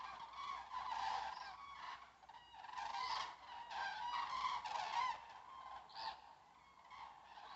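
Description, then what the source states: Common cranes trumpeting in chorus, rolling bugled calls overlapping. A flock of common cranes flying over a forest road.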